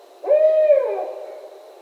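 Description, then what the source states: Barred owl giving one hoarse hoot, a level hooted note that holds briefly, then bends downward and fades away, with no other sounds. Recorded on 17 October 2011.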